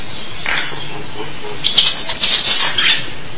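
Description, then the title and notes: Starling song: a quick run of four or five bright, downslurred whistles after a soft opening note, over faint background hiss. "suara burung jalak"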